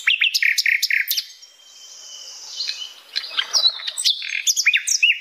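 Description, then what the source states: Flycatcher singing bursts of sharp high chips and upswept whistles, a quieter hissy stretch in the middle, then more quick varied notes. Flycatcher singing loudly (gacor), used as masteran for training cage birds.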